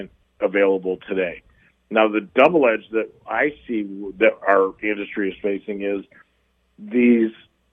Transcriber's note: none